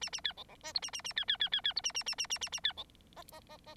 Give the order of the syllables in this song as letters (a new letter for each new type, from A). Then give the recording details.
A A B C C D E A A A B B B B B E A A A A A A A B C F F F F. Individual Bird9